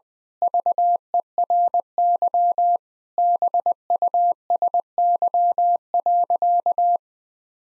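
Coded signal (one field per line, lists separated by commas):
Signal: Morse code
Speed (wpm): 20 wpm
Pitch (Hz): 700 Hz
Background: none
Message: VERY BUSY.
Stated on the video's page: Morse practice sentences with common six-word phrases at 20 wpm, each sent, then spoken, then sent again.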